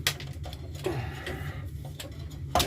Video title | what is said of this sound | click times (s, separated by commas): How to install a hot water heater. | that click? you heard the click and you saw it went up. So that's it's sealed. It's locked in there now. | 0.1 s